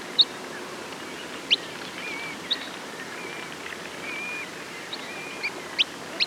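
Sanderling calls: sparse, sharp high chips scattered irregularly, about one per second, with faint thin twitters between them and steady hiss behind.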